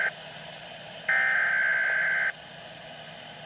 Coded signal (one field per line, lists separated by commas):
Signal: Emergency Alert System (SAME) tones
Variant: header bursts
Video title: Weatheradio Canada - Severe Thunderstorm Watch & Squall Watch (EAS #115) 02/06/2014